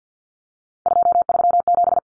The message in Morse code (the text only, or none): 237